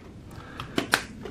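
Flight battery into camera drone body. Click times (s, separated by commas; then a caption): 0.9 s. A flight battery is slid into its bay in the body of a PowerVision PowerEgg 4K camera drone and locks into place. A few soft sliding and tapping sounds at about 0.6 and 0.8 s lead into a sharp latching click at 0.9 s as the battery seats.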